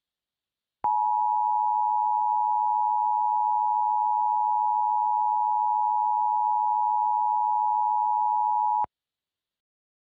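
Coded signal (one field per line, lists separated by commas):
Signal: Emergency Alert System (SAME) tones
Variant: 853 and 960 Hz attention tone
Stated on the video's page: Fictional EAS scenario containing valid tones, made on a phone.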